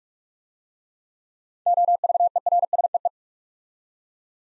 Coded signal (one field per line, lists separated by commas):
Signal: Morse code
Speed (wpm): 44 wpm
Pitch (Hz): 700 Hz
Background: none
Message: OVERSEE